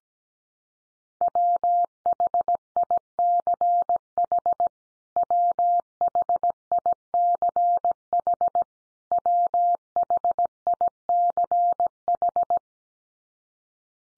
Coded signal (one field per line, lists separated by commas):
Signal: Morse code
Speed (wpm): 17 wpm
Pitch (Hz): 700 Hz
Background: none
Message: WHICH WHICH WHICH